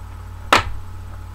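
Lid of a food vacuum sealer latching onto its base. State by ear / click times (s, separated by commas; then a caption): seated / 0.5 s. A pouch is placed in a home food vacuum sealer, and the sealer's lid is pressed closed onto its base until it latches. A sharp, bright click is heard at 0.5 seconds over a steady low hum. The lid seats and clicks shut.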